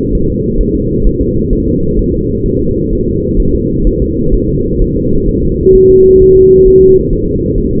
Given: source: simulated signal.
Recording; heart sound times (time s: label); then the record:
fetal heart sounds
0.15 s: S1
0.30 s: S2
0.61 s: S1
0.75 s: S2
1.07 s: S1
1.21 s: S2
1.53 s: S1
1.68 s: S2
1.99 s: S1
2.14 s: S2
2.46 s: S1
2.61 s: S2
2.93 s: S1
3.07 s: S2
3.40 s: S1
3.55 s: S2
3.87 s: S1
4.02 s: S2
4.34 s: S1
4.49 s: S2
4.82 s: S1
4.96 s: S2
5.29 s: S1
5.43 s: S2
5.75 s: S1
5.90 s: S2
6.22 s: S1
6.37 s: S2
6.68 s: S1
6.82 s: S2
7.13 s: S1
7.28 s: S2
7.58 s: S1
7.73 s: S2
From the record:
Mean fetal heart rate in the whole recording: 130 bpm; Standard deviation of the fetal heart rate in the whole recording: 4 bpm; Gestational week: 38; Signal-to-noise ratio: -15.3 dB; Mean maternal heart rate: 72 bpm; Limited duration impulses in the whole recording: present